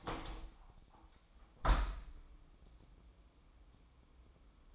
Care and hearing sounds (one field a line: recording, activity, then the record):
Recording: daily activity, microphone in the room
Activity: open window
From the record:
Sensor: 1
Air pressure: 1000.5 hPa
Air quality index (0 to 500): 172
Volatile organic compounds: 4 ppm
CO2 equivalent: 1584 ppm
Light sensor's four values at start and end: 10/25/10/12 and 11/26/11/12